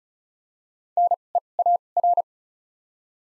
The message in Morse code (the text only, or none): N E A R